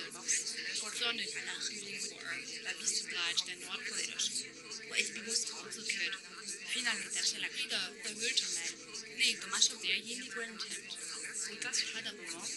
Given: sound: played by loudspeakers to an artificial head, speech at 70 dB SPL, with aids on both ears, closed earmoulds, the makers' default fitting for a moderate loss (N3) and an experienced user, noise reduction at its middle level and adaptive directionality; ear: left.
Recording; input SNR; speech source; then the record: speech test signal (ISTS) in cocktail-party noise; -6 dB; in front (0 degrees)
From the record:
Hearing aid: class 1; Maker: H